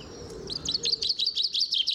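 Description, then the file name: Common chaffinch giving a rapid run of short, high chirping notes, repeated evenly for about two seconds. "Fringilla coelebs"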